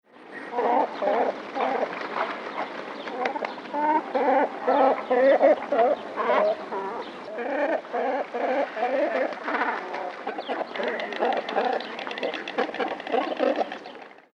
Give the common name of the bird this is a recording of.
Great Cormorant